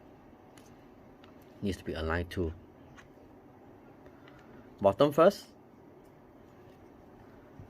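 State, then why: Not seated. An Insta360 One R action camera body is held and lined up with its vertical battery base, with the quarter-inch tripod screw hole and the button aligned before it is pushed in from the top. Someone talks over a quiet background with a few faint small handling ticks. Nothing has seated or clicked yet.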